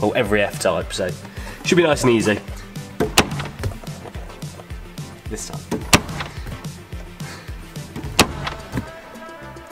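Someone talks over music while the glove box lid is shut against its latch in the dashboard of a Jaguar F-Type SVR, giving sharp knocks and thuds around 3.2 s and 8.2 s. The glove box latch fails to catch and the lid does not stay shut; nothing has latched.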